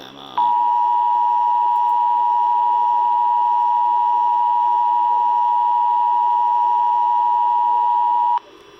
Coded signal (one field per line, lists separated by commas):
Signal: Emergency Alert System (SAME) tones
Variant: 853 and 960 Hz attention tone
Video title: EAS 3249 NWS Birmingham SVR